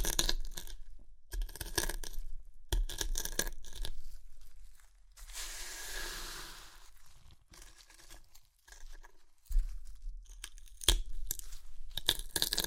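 Crunchy chips being crushed and eaten, with bursts of crisp crackling and tearing through the first five seconds. Around six seconds a softer, hissy rustle takes over, followed by quieter gaps, then sharp crunches return near ten and eleven seconds.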